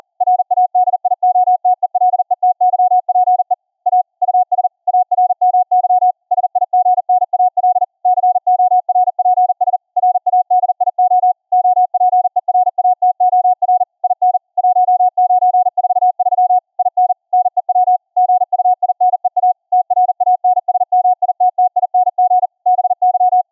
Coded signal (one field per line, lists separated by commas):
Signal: Morse code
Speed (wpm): 41 wpm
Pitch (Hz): 730 Hz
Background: none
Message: RADIOTELETYPE A US ARMY SIGNAL CORPS RADIO OPERATOR IN 1943 IN NEW GUINEA TRANSMITTING BY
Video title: setup a CW COPY BY EAR practice session on the VLF band using unixCW, Gstreamer & 2 Ferrite Antennas